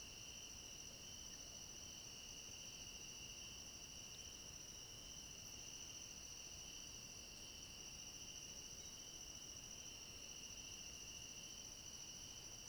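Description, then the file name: Crickets keep up a constant high ringing chorus, smooth and uninterrupted, over a quiet hiss. Chorus of crickets at night. "Coro de grilos a noite com cachorro longe"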